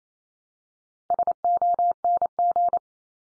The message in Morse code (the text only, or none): SONG